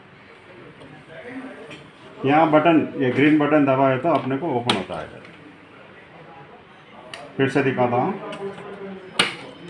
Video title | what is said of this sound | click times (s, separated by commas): KKK ENTERPRISES TSC PRINTER VIDEO DEMO 1 INSTALLATION PROCESS | ऐसा दबाने से लॉक हो जाता है। | 9.2 s